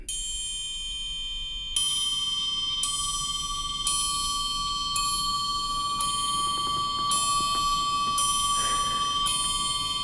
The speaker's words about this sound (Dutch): Nou noemde je triangel. Er is een triangel waar jij al sinds de jaren 80 mee speelt. Laten we heel even luisteren.